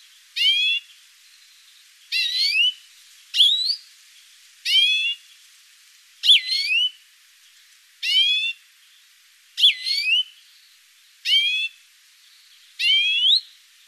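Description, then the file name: European greenfinch calls: nasal, harmonic-rich rising and falling notes, about half a second each, repeated every one to two seconds, with no other sounds. "Chloris chloris"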